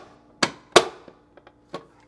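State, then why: Seated. During a GE refrigerator ice and water dispenser lever (part WR17X13060) replacement, the dispenser wire is routed through the notch on the plastic ice funnel, its tabs are aligned, and it is pushed into the refrigerator door dispenser housing. Two sharp plastic snaps ring out at 0.4 s and 0.8 s, followed by fainter ticks around 1.4 s, 1.5 s and 1.8 s. The ice funnel snaps back in place, seated.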